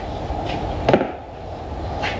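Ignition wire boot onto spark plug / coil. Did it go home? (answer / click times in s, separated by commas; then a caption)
yes / 0.9 s. An ignition wire boot is pushed onto a spark plug or coil during a tune-up. Two sharp clicks at 0.9 s and 0.9 s rise above a steady low background hum. The boot is seated and on.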